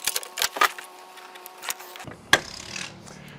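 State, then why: Not seated. Someone works the roof panel latch while collapsing the hard-sided A-frame pop-up camper roof. Several sharp knocks and clacks are heard, the loudest at about 2.3 s, followed by faint rattling. The latch fails to catch, and nothing has seated or clicked yet.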